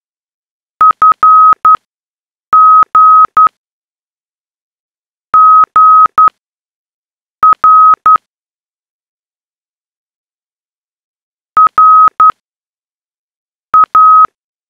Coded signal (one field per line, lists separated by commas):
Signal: Morse code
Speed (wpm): 11 wpm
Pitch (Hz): 1270 Hz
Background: none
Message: FGGRRA